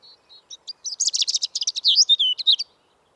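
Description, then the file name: European robin song: a few thin, high whistled notes, then a fast jumble of sharp twittering and trilled notes lasting under two seconds. "Erithacus rubecula"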